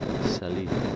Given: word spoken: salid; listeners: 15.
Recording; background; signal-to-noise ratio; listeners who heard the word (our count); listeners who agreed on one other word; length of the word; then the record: one Spanish word in noise, from a listening test; noise modulated by three-talker babble; -4.5 dB; 0 of 15; 13 of 15; 0.56 s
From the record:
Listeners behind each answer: 13, 2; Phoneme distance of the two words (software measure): 10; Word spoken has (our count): 2 syllables, 5 phonemes, stress on syllable 2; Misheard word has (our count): 2 syllables, 5 phonemes, stress on syllable 2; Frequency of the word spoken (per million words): 0.27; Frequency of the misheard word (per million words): 147.13